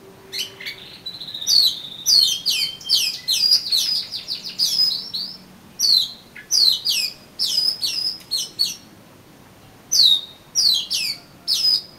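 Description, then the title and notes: Oriental magpie-robin song: a long, lively stream of fast, varied whistled notes with frequent downward slurs, pausing briefly before more phrases. "suara kacer. kumpulan suara burung kacer"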